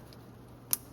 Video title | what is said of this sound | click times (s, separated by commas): 2010 Dodge Ram 3500 6.7L P0137 O2 Sensor Bank 1 Sensor 2 Circuit Low | did you hear it click I heard it click | 0.7 s